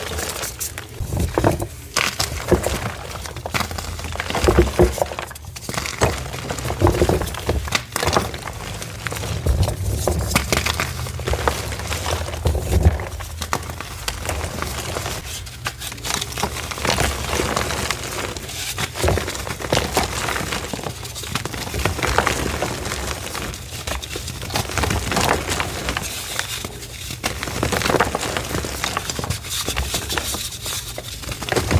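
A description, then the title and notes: Gym chalk mixed with baby oil is crushed and squeezed continuously, giving a dense, gritty crackling that never stops for the full stretch. Sharp crunchy bursts come irregularly every second or so over a soft low rumble, with sticky, smeary pressing between them. Baby Oil Gym Chalk Crushing Compilation.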